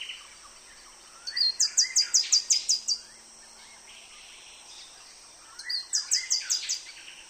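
Mistletoebird calls: a fast run of several thin, sharp high notes, given twice.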